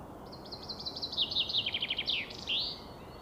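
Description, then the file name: Common chaffinch delivering one full song: quick high notes tumbling down into a loud rattling trill, then a short emphatic end flourish. "Fringilla coelebs"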